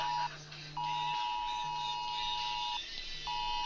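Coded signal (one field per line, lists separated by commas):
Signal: Emergency Alert System (SAME) tones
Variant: 853 and 960 Hz attention tone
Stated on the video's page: National Emergency Alert System and Wireless Emergency Alert test on cell phones, TV and radio.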